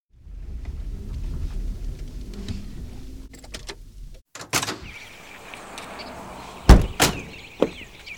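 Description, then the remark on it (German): A large white car rumbles up in front of a yard and idles low, then goes quiet before a series of sharp clunks and thuds as doors open and slam shut while two men in orange bib overalls get out, with a couple of loud bangs standing out near the end. “Da steigen zwei Männer in orangefarbenen Latzhosen aus.”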